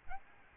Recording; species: mosquito wingbeat signal from an infrared sensor; Aedes albopictus